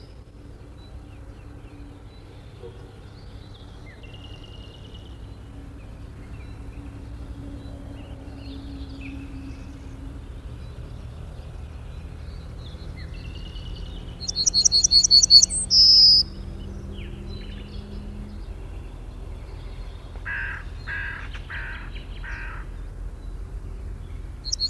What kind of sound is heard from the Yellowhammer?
song